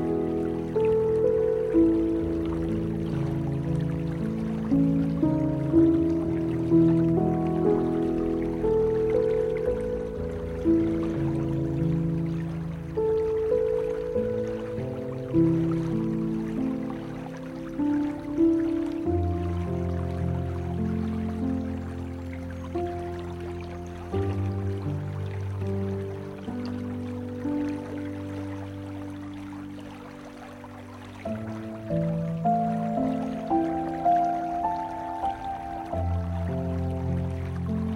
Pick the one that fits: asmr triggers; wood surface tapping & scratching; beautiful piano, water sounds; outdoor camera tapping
beautiful piano, water sounds